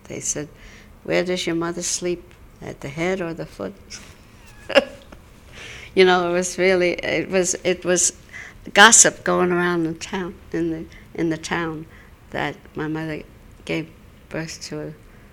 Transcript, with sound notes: They said, "Where does your mother sleep, at the head or the foot?" ( she laughs ) You know, it was really, it was gossip going around the town, in the town that my mother gave birth to a